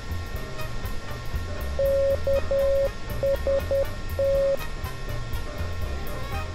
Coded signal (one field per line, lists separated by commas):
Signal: Morse code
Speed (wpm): 10 wpm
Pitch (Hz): 550 Hz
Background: music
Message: KST